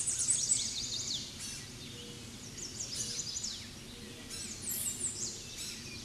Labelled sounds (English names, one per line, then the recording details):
American Redstart song
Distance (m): 25 m
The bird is about 10 m above the microphone
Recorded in a Pennsylvania forest on 16 May 2024 at 07:20
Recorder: AudioMoth, point MSD-0019
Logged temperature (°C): 16.7 °C
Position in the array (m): 49 m, 223 m